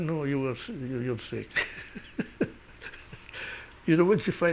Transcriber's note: he laughs